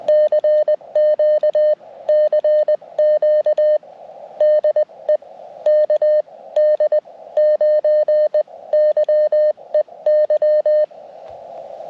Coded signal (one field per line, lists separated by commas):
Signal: Morse code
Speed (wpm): 20 wpm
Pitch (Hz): 610 Hz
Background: none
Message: CQ CQ DE KD9YEY